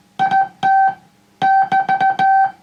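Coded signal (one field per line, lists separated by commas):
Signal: Morse code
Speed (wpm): 16 wpm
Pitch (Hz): 780 Hz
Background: music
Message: IT <BT>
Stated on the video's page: CW on the air from a restored 1950s LG300 boatanchor transmitter.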